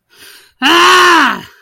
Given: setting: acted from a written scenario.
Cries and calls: vocal sound without words; anger

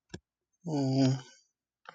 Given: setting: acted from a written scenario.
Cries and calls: vocal sound without words; guilt

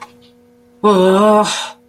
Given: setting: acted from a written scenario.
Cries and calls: vocal sound without words; anger

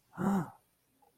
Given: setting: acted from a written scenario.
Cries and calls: vocal sound without words; distress

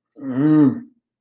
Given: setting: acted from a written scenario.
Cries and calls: vocal sound without words; guilt

